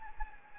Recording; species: mosquito wingbeat signal from an infrared sensor; Anopheles gambiae